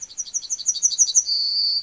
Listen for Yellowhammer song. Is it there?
yes